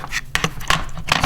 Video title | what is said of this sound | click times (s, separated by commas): BlackPak Pro by YakAttack: First Look and Tackle Organization Overhaul | how this kind of snaps into place | 0.4 s